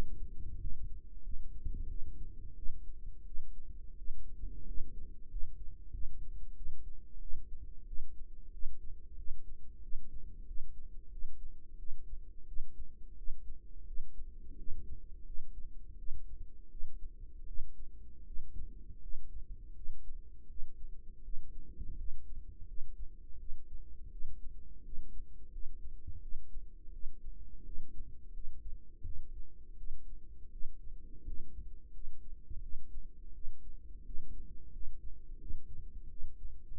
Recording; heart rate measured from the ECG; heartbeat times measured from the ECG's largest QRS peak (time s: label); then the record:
heart sounds by microphone in the right ear; 86 bpm
0.58 s: heartbeat
1.22 s: heartbeat
1.87 s: heartbeat
2.55 s: heartbeat
3.25 s: heartbeat
3.96 s: heartbeat
4.66 s: heartbeat
5.29 s: heartbeat
5.92 s: heartbeat
6.55 s: heartbeat
7.20 s: heartbeat
7.86 s: heartbeat
8.52 s: heartbeat
9.17 s: heartbeat
9.81 s: heartbeat
10.46 s: heartbeat
11.10 s: heartbeat
11.77 s: heartbeat
12.46 s: heartbeat
13.16 s: heartbeat
13.86 s: heartbeat
14.57 s: heartbeat
15.24 s: heartbeat
15.97 s: heartbeat
16.69 s: heartbeat
17.46 s: heartbeat
18.25 s: heartbeat
19.00 s: heartbeat
19.74 s: heartbeat
20.47 s: heartbeat
21.23 s: heartbeat
21.96 s: heartbeat
22.66 s: heartbeat
23.38 s: heartbeat
24.10 s: heartbeat
24.83 s: heartbeat
25.51 s: heartbeat
26.20 s: heartbeat
26.91 s: heartbeat
27.64 s: heartbeat
28.32 s: heartbeat
29.03 s: heartbeat
29.76 s: heartbeat
30.50 s: heartbeat
31.25 s: heartbeat
31.92 s: heartbeat
32.61 s: heartbeat
33.33 s: heartbeat
34.04 s: heartbeat
34.71 s: heartbeat
35.38 s: heartbeat
36.09 s: heartbeat
From the record:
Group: healthy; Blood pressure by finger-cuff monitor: 104/61 mmHg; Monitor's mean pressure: 74 mmHg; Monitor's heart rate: 86 bpm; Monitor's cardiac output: 7.3 L/min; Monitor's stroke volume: 86 mL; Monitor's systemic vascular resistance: 730 dyn s/cm5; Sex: female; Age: 22 years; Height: 157 cm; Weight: 47.6 kg